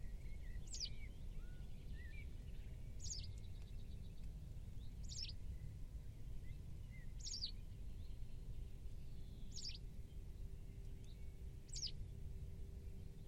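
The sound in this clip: White wagtail calls: six sharp, high, downward-slurred notes repeated roughly every two seconds over a steady low rumble.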